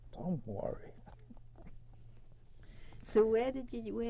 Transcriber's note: chuckles